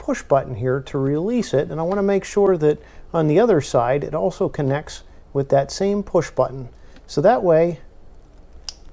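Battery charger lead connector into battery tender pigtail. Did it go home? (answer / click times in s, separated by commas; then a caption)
yes / 8.7 s. Someone talks while a battery charger lead connector is pushed onto a battery tender pigtail plug for an Acura NSX hybrid system. The push-button latch clicks into place at 8.7 s with a short, sharp snap, and the connector is seated so it won't come out.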